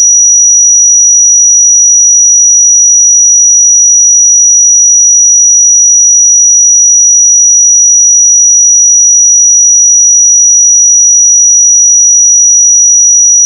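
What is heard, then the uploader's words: A pure sine tone holds steady at 5824 Hz, bright and piercing, unchanging for the whole clip with a tiny click at the end. 5824 Hz 1 Hz Interval Sine Pure Tone Frequency 441000 Sample Mono.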